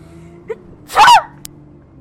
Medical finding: Bus sneeze.